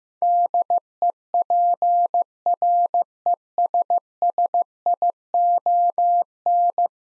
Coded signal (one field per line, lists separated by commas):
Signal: Morse code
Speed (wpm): 15 wpm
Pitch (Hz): 700 Hz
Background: none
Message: DEPRESSION